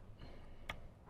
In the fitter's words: line those up and give them a nice push until they click together